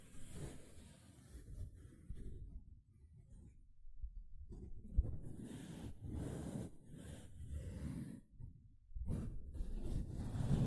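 A sponge is squished and scratched in a series of soft, irregular strokes, mostly low and dull with a faint airy hiss above. Sound comes in bursts around the first two seconds, again from five to eight, and after nine, with a quiet lull near four seconds.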